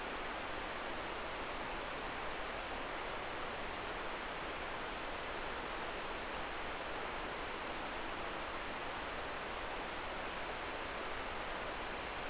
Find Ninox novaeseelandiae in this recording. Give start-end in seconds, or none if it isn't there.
none